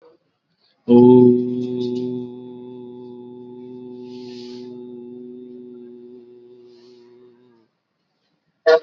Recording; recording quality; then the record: sustained vowel as in boot; moderate, slight background noise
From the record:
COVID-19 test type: RT-PCR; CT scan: not taken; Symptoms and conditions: none ticked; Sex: male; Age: 19 years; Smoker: no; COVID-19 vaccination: both doses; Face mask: worn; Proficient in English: yes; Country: India